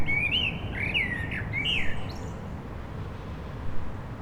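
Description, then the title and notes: Common blackbird, a single loud phrase of rising and falling fluty whistles with a twittery tail, then only traffic rumble. Blackbirds singing after sunset on a mild day, eve of the winter solstice, Rue Jacques Cartier, Aix-les-Bains, France, with urban traffic. "Rue Jacques Cartier, 73100 Aix-les-Bains, Auvergne-Rhône-Alpes, France - Merle du solstice. En cette douce journée les merles commencent à chanter après le coucher du soleil, passages d'avions, circulation urbaine demain c'est le solstice d'hiver"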